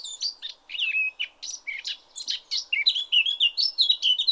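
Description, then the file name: Eurasian blackcap, a continuous lively warble of jumbled chirps ending in a run of loud, clear fluted whistles. "Sylvia atricapilla"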